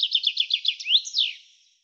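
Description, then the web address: Bird song ending: several quick downslurred chirps, then a rising whistle and a final long falling slur, fading out in silence. "cianscape birddata Deverinetal 2025 Bird Fr Co"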